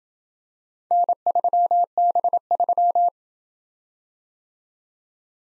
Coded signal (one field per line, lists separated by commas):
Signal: Morse code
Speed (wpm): 27 wpm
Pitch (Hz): 700 Hz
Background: none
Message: N3B3